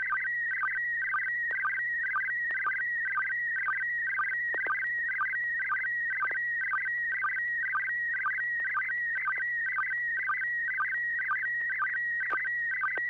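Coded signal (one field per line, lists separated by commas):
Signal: SSTV (slow-scan television)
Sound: warbling tones between 1.5 and 2.3 kHz with regular low blips, steady repeating rhythm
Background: low hum, occasional clicks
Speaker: over to you Bill see what you copied and what you make of that picture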